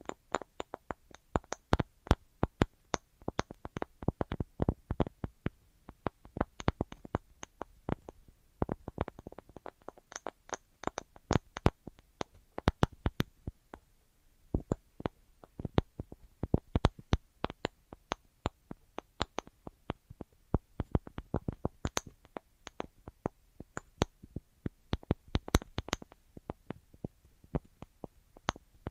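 An assortment of tapping: quick, sharp taps arriving in irregular bursts and clusters throughout, with brief pauses near 10 and 14 seconds. Each hit is crisp and bright, some clusters dense and rapid, others sparse, over a quiet background.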